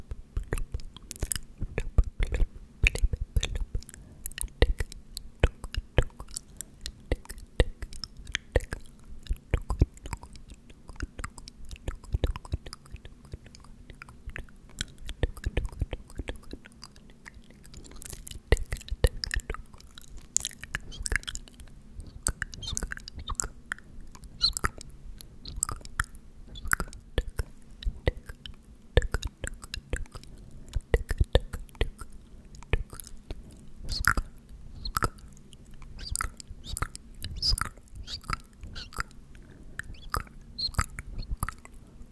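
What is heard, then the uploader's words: Crisp mouth sounds of "tk" and "sk" repeat in a rapid, dense stream of wet clicks and soft hisses for the whole length, pausing briefly around the seventeen-second mark. A faint steady low hum sits underneath. Tk, Tk, Tk, Sk, Sk, Sk.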